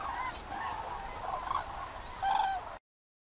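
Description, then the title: Common cranes trumpeting amid a background flock chorus, with a loud bugled call near the end before the sound cuts off. Thousands of cranes gathered at the Pramort. "Crane watching at the Pramort"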